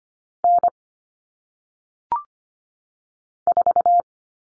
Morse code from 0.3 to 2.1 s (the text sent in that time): N